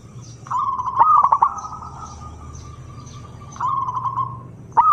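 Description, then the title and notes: Zebra dove giving a rolling trill with a few clipped notes that fades out, then a new phrase, and another starting at the end. Long-duration lure recording of a zebra dove singing prolifically (described as gacor). "Pancingan Perkutut Durasi Panjang. Suara Burung Perkutut Gacor"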